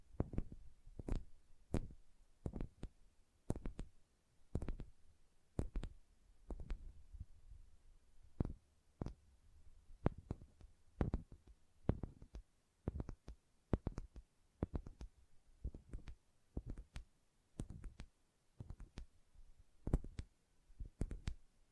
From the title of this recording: Hand Sounds, Nail Tapping and Lotion Sounds